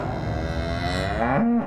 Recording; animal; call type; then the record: contact call of a hoofed animal; cattle; low-frequency (closed-mouth) or high-frequency (open-mouth) call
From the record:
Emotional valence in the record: negative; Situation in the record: full separation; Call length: 1.67 s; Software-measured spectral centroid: 1600 Hz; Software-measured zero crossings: 1280 a second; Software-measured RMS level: -24 dBFS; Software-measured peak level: -8 dBFS